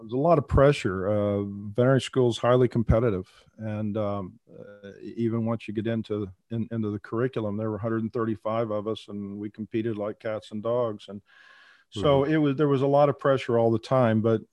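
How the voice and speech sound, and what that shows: Adult man, a veterinarian who has stuttered since about age three, speaking with stretched vowels, held sounds and hesitant pauses before words, fitting stuttering with prolongations and blocks; his stuttering is mainly blocks with few repetitions.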